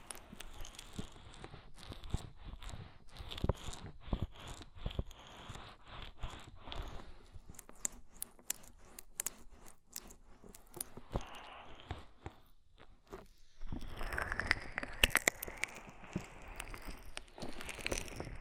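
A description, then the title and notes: An ear massage with oil and foam, full of quick sticky crackles and wet rubbing sounds. The crackling is dense in the first seven seconds, thins into scattered sharp taps through the middle, then swells again into a thick fizzing foam sound after about fourteen seconds. ASMR Oil, Foam and Tingly Ear Massage for Stress Relief (No Talking).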